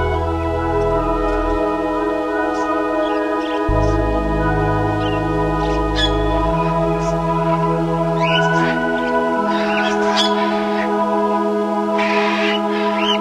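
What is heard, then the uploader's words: Amazon rainforest sounds form a dense, steady wall of insect-like buzzing and whining tones that shift in pitch every few seconds. Brief chirps and bird calls break through, especially near 8 and 10 seconds, with a rising call around 12 seconds. Sounds of the Amazon rainforest.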